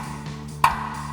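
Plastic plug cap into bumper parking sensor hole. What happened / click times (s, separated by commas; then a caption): The plastic cap popped into its hole / 0.6 s. A provided plastic cap is pressed into an empty parking sensor hole in the steel Barricade Extreme HD rear bumper with LED on a 2010-2026 RAM 2500, since the truck has no parking sensors. One sharp, loud snap is heard at 0.6 s over a steady low hum, and the cap pops in and seats.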